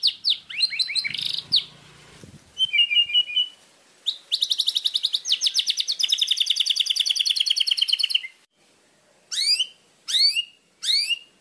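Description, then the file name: White-rumped shama song: quick sweeping notes, a short warbled phrase, a long rattling trill, then three separate rising chirps spaced about a second apart. Masteran song, a training recording used to teach birds to sing. "suara masteran murai batu"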